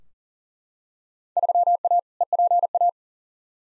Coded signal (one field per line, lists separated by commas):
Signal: Morse code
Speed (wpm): 40 wpm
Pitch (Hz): 700 Hz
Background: none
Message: 3A EPA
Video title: Field Day Exchange v2 - 40wpm